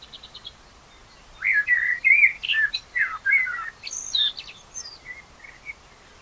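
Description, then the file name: Common blackbird song, opening with faint quick ticks, then a run of mellow warbled whistles and high thin squeaks, followed by a few soft notes. "Turdus merula"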